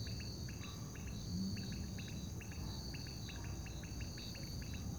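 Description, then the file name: Crickets giving crisp grouped chirps over a steady high drone, with a low traffic rumble throughout. Crickets at a lake at night, with distant traffic. "Sapos no lago a noite com grilos e transito longe"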